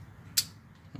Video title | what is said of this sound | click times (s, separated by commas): 2007 HONDA PILOT VTM-4 DIFFERENTIAL & TRANSFER CASE FLUID CHANGE/Amsoil 75W-90EasyPack/reset B6 code | get that nice click that differs from the click of the ratchet a little bit | 0.4 s